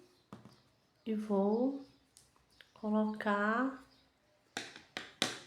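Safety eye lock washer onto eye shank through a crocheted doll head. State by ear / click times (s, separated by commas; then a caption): seated / 5.2 s. A plastic locking washer is pressed onto the shank of a safety eye through a crocheted doll head, the first eye being fitted. Someone talks, then a few sharp taps build from about 4.6 seconds to a loud final snap at 5.2 seconds as the washer seats fully.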